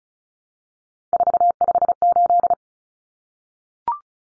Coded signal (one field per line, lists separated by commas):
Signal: Morse code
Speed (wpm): 34 wpm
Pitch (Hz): 700 Hz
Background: none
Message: 458